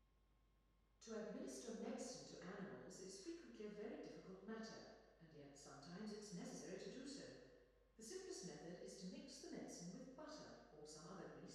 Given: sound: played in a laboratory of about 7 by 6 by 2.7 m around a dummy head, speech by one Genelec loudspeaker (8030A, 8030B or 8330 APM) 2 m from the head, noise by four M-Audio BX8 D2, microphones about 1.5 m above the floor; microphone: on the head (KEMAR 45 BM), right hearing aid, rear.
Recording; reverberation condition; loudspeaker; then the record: female speech in English; high; 30 degrees to the left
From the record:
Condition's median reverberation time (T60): about 1300 ms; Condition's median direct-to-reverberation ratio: about -4.0 dB